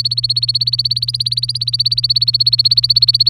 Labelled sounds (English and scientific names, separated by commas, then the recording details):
Domestic Canary (Serinus canaria) song
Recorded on 24 April 2018 at 07:57
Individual llb3